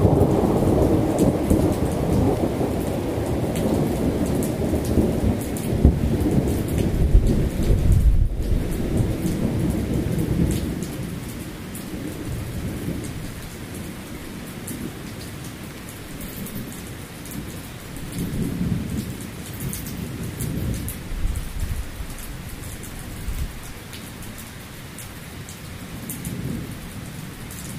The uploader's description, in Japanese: 雨ムシセミ無音